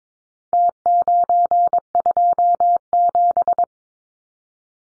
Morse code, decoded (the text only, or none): T927